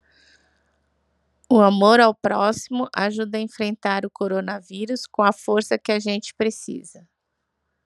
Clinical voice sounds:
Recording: spoken sentence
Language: Brazilian Portuguese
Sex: female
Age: 40 to 49 years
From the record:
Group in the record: control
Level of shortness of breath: 0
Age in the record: 49 years

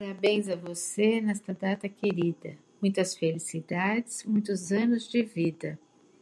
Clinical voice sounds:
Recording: short text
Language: Brazilian Portuguese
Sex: female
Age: 50 to 59 years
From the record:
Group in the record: control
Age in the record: 58 years

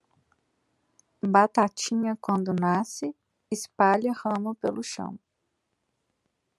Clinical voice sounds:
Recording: short text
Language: Brazilian Portuguese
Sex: female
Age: 20 to 29 years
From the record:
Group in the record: control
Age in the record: 26 years

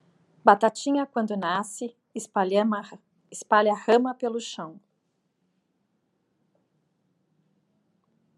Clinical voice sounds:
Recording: short text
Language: Brazilian Portuguese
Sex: female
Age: 40 to 49 years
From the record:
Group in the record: control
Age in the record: 47 years

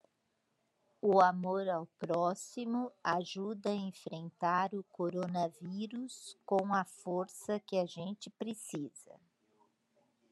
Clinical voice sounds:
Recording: spoken sentence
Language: Brazilian Portuguese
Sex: female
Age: 60 to 69 years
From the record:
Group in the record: control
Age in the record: 64 years

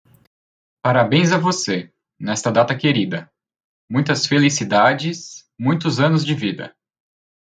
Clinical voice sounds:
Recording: short text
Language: Brazilian Portuguese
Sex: male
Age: 20 to 29 years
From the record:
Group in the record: control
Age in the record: 25 years

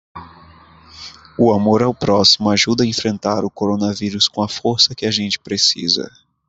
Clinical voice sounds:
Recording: spoken sentence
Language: Brazilian Portuguese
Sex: male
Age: 20 to 29 years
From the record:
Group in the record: control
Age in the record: 24 years

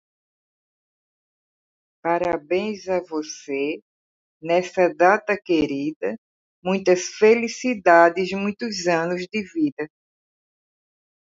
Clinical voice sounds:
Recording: short text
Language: Brazilian Portuguese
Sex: female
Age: 60 to 69 years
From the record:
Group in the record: control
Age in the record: 65 years

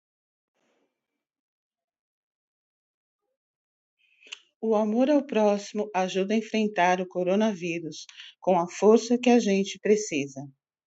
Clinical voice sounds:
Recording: spoken sentence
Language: Brazilian Portuguese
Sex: female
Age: 50 to 59 years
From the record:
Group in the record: control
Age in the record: 57 years

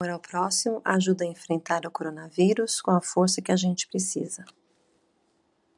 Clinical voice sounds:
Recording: spoken sentence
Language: Brazilian Portuguese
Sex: female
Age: 50 to 59 years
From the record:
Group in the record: control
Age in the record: 55 years

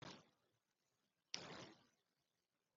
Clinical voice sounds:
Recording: short text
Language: Brazilian Portuguese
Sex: female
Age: 40 to 49 years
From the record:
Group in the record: control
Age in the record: 47 years

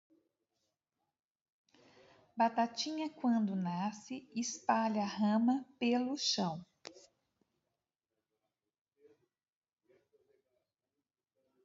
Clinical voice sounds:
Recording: short text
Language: Brazilian Portuguese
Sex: female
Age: 50 to 59 years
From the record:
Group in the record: control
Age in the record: 55 years

